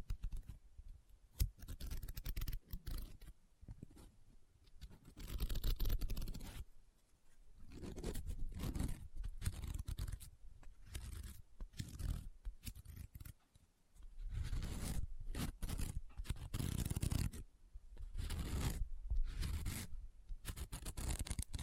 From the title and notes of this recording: ASMR Close Up Paper Sounds - Folding, Scratching, Rubbing, Crinkle No Talking.